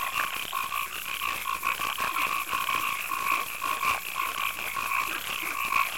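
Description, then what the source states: Frogs give rhythmic pulsed croaks in a busy chorus, with a continuous high insect buzz behind. Night marsh and swamp ambience with crickets and frogs.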